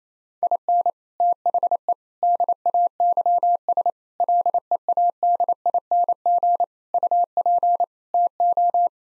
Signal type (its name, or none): Morse code